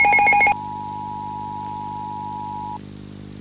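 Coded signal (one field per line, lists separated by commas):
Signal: Emergency Alert System (SAME) tones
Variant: 853 and 960 Hz attention tone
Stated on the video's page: Fictional EAS scenario whose tones are stated to be valid.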